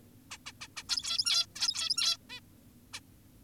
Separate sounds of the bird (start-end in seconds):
0.31-0.38, 0.46-0.52, 0.61-0.68, 0.77-0.83, 0.89-1.46, 1.56-2.17, 2.30-2.40, 2.94-3.00